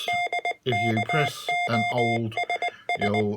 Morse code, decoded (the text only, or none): DKOSS